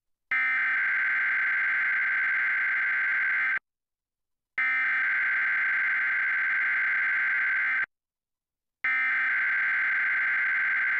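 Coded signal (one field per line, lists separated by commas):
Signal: Emergency Alert System (SAME) tones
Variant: header bursts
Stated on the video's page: Tornado drill alerts received in Virginia.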